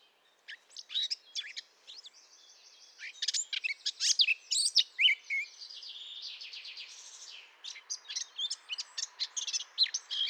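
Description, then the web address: Eurasian blackcap's fast, varied warble, scratchy and whistled, with a softer rattling stretch midway and quick notes continuing to the close. "SETE data Sylvia atricapilla"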